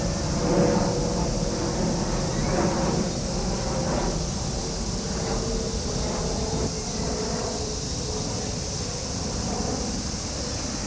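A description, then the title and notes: A low, steady engine rumble like a low-flying plane fills the clip, with a faint high whine and a few murmuring swells early on. Tokyo Olympic Stadium (Day Closing). Field-recorded at Tokyo Olympic Stadium, Shinjuku. In this quiet place again in afternoon, Aug. The noises of the usual and the repeating sound of low-flying planes remained. An arranged ambient track by kaolu_euphony from the sound materials field-recorded at several places in Tokyo.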